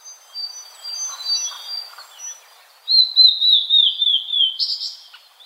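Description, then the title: Blue-and-white flycatcher song: soft high notes first, then a loud, clear whistled phrase gently falling in pitch and ending with a harsh buzzy flourish. Recorded at Kirifuri Highlands, Tochigi Prefecture, Japan. "朝の小鳥. 霧降高原（栃木県）のオオルリ"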